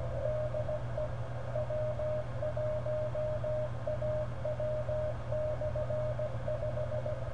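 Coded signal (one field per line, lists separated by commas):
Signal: Morse code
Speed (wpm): 16 wpm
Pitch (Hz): 610 Hz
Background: none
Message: DE W1AW/5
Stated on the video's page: Morse signal received during a frequency measurement test with a software defined radio and GPS-disciplined reference.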